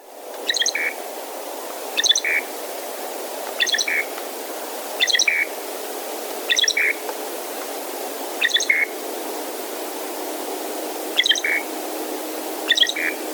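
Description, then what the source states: Loggerhead Shrike giving short, harsh hiccup-like notes, each a quick stuttered burst followed by a buzzy tail, repeated roughly every one and a half seconds with one longer pause, over steady background noise. Longer song, unmusical and hiccup-like, commonly heard from this shrike.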